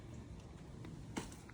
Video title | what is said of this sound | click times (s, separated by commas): Vidange huile moteur 911 997 turbo Mezger Facile et détaillée | nous allons le glisser comme ça jusqu'au fond une sorte de petit clic se fait entendre | 1.2 s